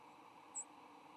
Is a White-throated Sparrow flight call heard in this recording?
no